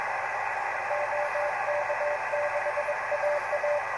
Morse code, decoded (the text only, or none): OK6AA